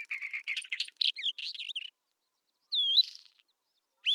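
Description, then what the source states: Isabelline wheatear song, a rapid run of scratchy chattering notes and buzzy trills for two seconds, then a clear whistle and, after a pause, another short note. Recorded at Telmen Nuur.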